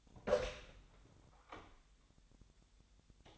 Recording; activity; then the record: daily activity, microphone in the room; open door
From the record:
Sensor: 3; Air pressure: 1007.1 hPa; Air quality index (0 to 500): 204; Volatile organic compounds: 18 ppm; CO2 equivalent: 2611 ppm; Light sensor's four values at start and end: 12/28/12/12 and 12/28/12/12